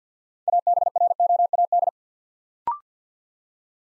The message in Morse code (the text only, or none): ABROAD